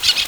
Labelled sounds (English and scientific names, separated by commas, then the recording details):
Brown-throated Parakeet (Eupsittula pertinax) contact call
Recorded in Venezuela
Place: Guárico; Corozopando; Fundo La Fe
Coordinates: 8.506, -67.593